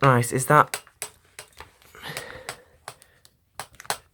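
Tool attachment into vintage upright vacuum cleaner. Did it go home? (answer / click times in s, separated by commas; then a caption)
yes / 3.9 s. Someone talks briefly, then fits a tool attachment, possibly the hose/tool adaptor and never before used on this machine, onto a 1949 Hoover Junior 119 bagged upright vacuum cleaner. It is pushed home with several sharp snaps spread through the clip. The attachment locks into place with the loudest snap at 3.9 s.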